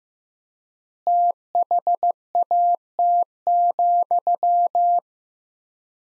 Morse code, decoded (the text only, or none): THAT,